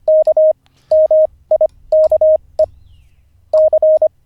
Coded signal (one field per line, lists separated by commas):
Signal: Morse code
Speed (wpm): 25 wpm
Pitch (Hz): 620 Hz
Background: none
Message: K MIKE C